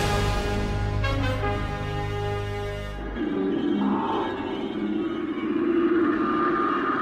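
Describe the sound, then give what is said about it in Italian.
Early electronic music composed in 1957: a dense, buzzing harmonic drone holds for about three seconds, then cuts abruptly to a hissing, rumbling noise texture with faint wavering tones. No voices. “avete ancora sentito questi stessi suoni digitali che c'erano anche nella prima parte della trasmissione”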